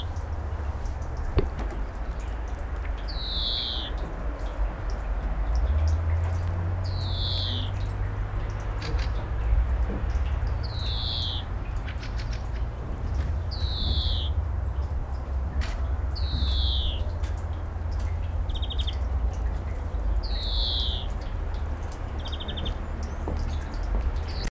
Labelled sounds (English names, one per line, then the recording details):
European Greenfinch song
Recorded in the wild
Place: Oberstdorf, Bayern, DE
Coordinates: 47.415, 10.2603
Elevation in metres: 861
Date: 1980-04-06
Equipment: Uher 4000 Report
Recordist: Tretzel, Erwin